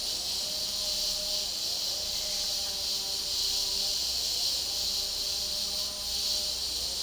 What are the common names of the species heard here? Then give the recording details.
none. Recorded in dense forest near Puerto Asís, Putumayo, Colombia, on 21 February 2024 at 11:30. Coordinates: 0.485, -76.318. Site G6408